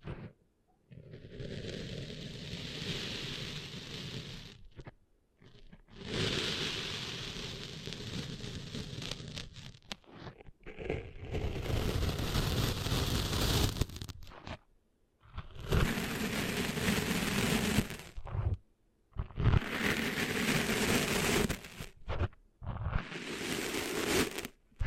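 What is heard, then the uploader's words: Sand being cleaned out of ears makes a dense, rough rubbing and rustling that sounds almost like heavy rain. It comes in bursts of about three to four seconds, six in all, each cut off by a brief, near-silent pause. ASMR Cleaning Sand Out of Your Ears (No Talking).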